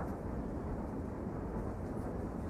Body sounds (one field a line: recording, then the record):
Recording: background sound without coughing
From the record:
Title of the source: Train Ride Ambience ambient white noise for sleeping, focus, studying, reading